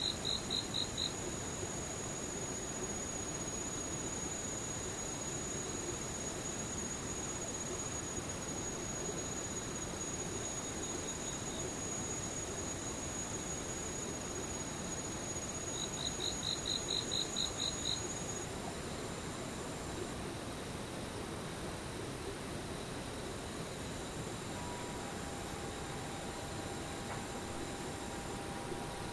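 Insects trill steadily through the whole stretch, with high thin whining tones running over a low, even rumble. A brighter chirping burst comes at the start and again around the middle. Near the end a faint mid-pitched tone appears.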